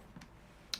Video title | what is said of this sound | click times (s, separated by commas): AGV AX9 Helmet Review at SpeedAddicts.com | Now, you heard that snap. | 0.7 s